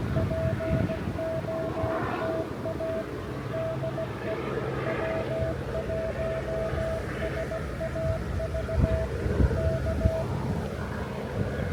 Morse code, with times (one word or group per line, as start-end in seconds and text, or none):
0.2-3.0 POTA
3.5-4.3 DE
4.9-9.1 W1SAV
9.6-10.2 K